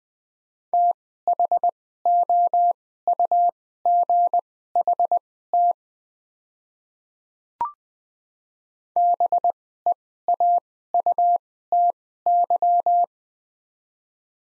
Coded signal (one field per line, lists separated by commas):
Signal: Morse code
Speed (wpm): 20 wpm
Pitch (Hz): 700 Hz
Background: none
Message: THOUGHT BEAUTY